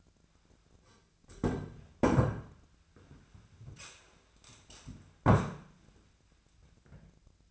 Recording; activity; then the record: daily activity, microphone in the room; sit down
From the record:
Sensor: 2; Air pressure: 1007.9 hPa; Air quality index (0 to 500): 180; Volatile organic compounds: 10 ppm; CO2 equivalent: 2209 ppm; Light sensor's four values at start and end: 10/24/10/10 and 10/24/10/10